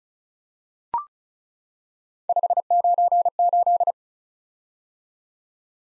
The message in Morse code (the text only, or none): 598